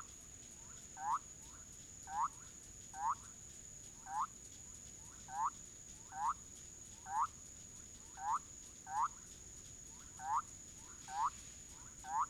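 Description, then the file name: Bolivian thin-toed frog repeating short rising notes, a dozen in a row, with quieter short notes between them; thin steady hiss behind. "Leptodactylus bolivianus"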